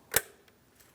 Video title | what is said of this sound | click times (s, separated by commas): How to Replace Intake Variable Valve Timing Solenoid 2015-2025 Ford Transit 250 3.7L V6 | Audible click. It does not fall out of place. | 0.2 s